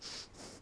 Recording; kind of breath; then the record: one breath in and out by a microphone near the nose and mouth; strong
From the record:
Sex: male